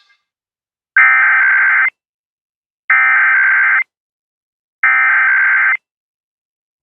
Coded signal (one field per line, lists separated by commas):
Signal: Emergency Alert System (SAME) tones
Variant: header bursts